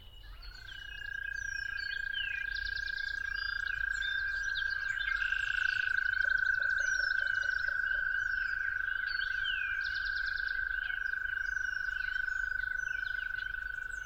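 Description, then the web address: Toads trilling, one long even trill starting early and a second joining, holding on to the end beneath rapid bird song and repeated chattering phrases. Toads calling at dawn. "musicofnature Toads at Dawn"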